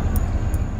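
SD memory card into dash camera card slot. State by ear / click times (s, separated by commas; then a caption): seated / 0.2 s. An SD card is pushed, gold contacts facing the user, into the card slot on the bottom of a JVC dash camera. A short, sharp click sounds at 0.2 s over a steady low rumble, and the card is seated.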